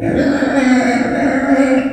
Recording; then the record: squeal of a Yucatan mini pig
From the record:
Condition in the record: after surgery on the right vocal fold (resection and tissue-engineered implant); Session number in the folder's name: 3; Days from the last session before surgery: 21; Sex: female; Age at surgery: 19 weeks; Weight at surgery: 25 kg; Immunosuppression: prednisolone